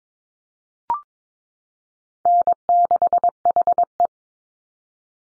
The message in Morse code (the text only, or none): N6HE